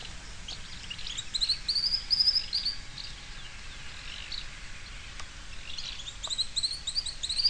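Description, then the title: Bird singing runs of quick, high chirps and warbled notes in two phrases, over a constant low rushing noise. "LuckyPassaro Completos2Sama"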